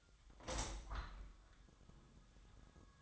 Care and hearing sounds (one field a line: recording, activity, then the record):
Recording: daily activity, microphone in the room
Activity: open window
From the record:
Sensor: 3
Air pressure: 1004.6 hPa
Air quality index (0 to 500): 87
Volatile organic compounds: 3 ppm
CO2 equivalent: 1329 ppm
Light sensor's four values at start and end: 7/16/6/6 and 7/16/6/6